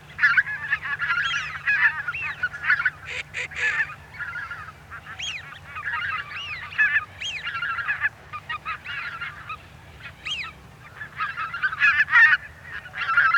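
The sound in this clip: Greater white-fronted goose calls, many birds overlapping, with high yelping notes that rise and fall, coming in bursts with brief quieter gaps between.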